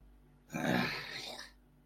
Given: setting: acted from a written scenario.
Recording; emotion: vocal sound without words; contempt